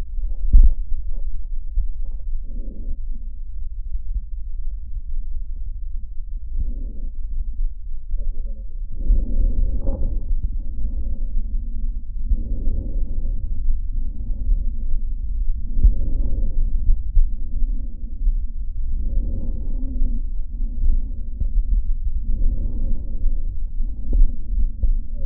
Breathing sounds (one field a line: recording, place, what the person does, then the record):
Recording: lung sounds by stethoscope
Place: left posterior basal chest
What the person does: quiet breathing, then deep breathing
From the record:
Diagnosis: pulmonary infection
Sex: male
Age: 86 years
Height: 165 cm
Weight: 65 kg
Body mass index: 23.9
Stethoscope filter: diaphragm mode